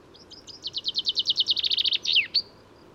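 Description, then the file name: Common chaffinch singing a bright, accelerating series of high chips that slides downward into a trill and ends with a quick terminal flourish. "Fringilla coelebs"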